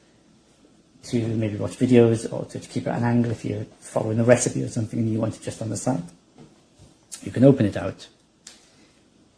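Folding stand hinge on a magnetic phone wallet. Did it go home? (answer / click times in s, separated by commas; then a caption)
yes / 8.5 s. Someone talks while the folding stand hinge on a MOFT magnetic phone wallet is opened out into its taller tripod position. It locks with a single sharp click at 8.5 s, and the stand is seated in place.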